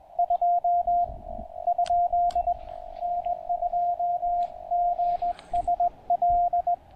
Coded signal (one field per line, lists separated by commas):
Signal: Morse code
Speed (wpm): 20 wpm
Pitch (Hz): 690 Hz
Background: radio noise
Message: 2 ? N2GSL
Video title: POTA Pileups on 20 meters! Pairing the Penntek TR-35 & Chelegance MC-750 at Table Rock Fish Hatchery